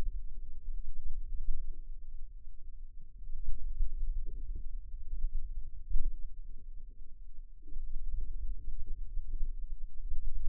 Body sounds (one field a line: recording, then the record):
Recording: forearm muscle sounds (acoustic myography)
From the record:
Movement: radial deviation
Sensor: system 2, bracelet of six BSWA MPA416 microphones around the upper forearm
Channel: 1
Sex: female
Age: 22 years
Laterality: right